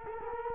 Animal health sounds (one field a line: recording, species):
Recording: mosquito wingbeat signal from an infrared sensor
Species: Culex quinquefasciatus